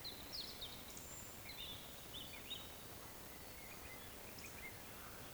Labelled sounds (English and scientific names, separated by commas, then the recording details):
Eurasian Woodcock (Scolopax rusticola)
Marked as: woodcock, woodcock
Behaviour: display flight
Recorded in Baden-Württemberg, Germany, on 16 June 2020 at 19:56 UTC
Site 14569, 102 m above sea level